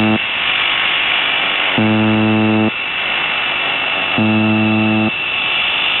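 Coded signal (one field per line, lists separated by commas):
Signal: channel marker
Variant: UVB-76 (The Buzzer)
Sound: short harsh low buzzes about 0.9 s long, repeating roughly every 2.4 seconds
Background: radio static, faint warbling tone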